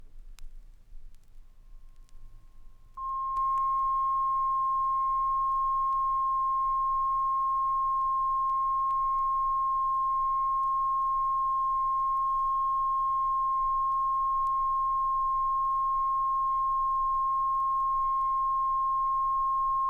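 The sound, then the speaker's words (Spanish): A steady, mid-pitched pure test tone begins after a few seconds of near silence and holds loud and unwavering to the end, with a faint low hum beneath it. “El siguiente es un sonido medio. Tiene una frecuencia de 1.000 hercios.”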